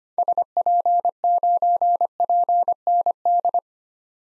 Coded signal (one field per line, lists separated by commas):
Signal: Morse code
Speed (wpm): 25 wpm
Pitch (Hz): 700 Hz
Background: none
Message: SP9PND